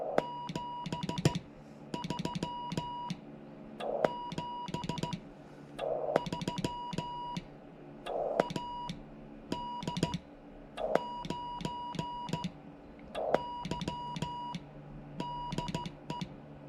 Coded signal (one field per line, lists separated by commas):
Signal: Morse code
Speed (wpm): 15 wpm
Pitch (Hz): 970 Hz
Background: music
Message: 73 73 AD9Y DE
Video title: QSO with AD9Y WI and VE3FAL CW